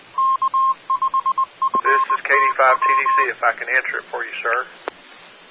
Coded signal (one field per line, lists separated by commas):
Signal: Morse code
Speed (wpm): 20 wpm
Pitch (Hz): 1060 Hz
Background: speech, radio noise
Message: K5FTW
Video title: 2015-04-26 - K5FTW 146.940 Mhz Tarrant County RACES/ARES